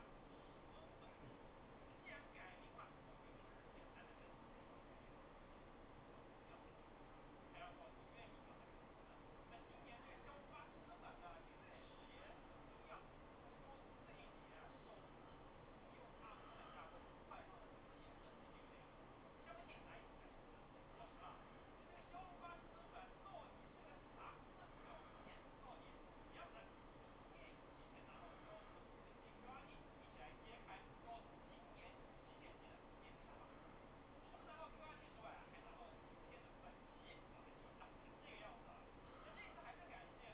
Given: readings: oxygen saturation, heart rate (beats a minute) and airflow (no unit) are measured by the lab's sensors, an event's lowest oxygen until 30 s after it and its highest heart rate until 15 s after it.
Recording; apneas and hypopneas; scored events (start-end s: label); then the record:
a person awake in a sleep study, by a voice recorder at the bedside; none
0.00-40.34 s: awake
From the record:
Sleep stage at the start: awake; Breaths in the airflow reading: 13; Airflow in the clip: -0.7 to 0.8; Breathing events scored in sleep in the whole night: 403 in 5.5 hours asleep